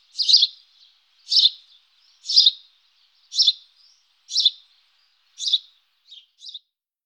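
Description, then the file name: House sparrow chirping: loud, harsh single notes spaced roughly a second apart, ending with two softer, shorter chirps. "Haussperling Passer-domesticus"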